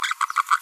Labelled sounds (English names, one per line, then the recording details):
Green-rumped Parrotlet babbling
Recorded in a nest box in Venezuela
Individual 18B25A3